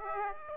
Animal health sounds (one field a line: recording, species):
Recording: mosquito wingbeat signal from an infrared sensor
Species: Aedes aegypti